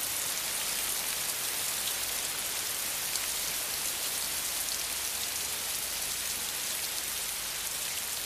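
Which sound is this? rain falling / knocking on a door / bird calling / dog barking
rain falling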